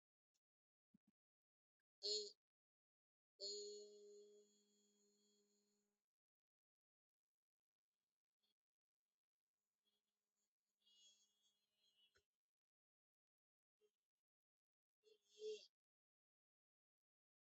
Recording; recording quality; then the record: sustained vowel as in beet; excellent, no background noise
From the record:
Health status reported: healthy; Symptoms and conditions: none ticked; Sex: female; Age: 33 years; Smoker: not ticked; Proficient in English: yes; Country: India